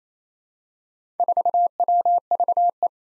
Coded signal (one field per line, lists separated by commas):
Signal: Morse code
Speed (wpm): 27 wpm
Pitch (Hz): 700 Hz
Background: none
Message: 4WVE